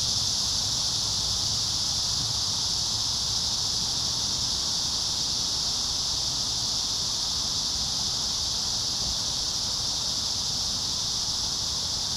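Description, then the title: Cicadas droning, a constant shrill buzz running through the whole stretch, with faint rustling below. Several cicadas recorded singing in a park. "neoscenes: cicadas in the park"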